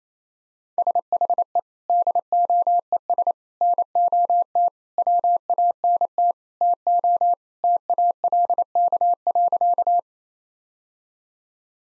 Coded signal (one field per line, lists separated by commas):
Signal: Morse code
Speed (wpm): 27 wpm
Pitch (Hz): 700 Hz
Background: none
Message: SHE DOES NOT WANT TO TALK.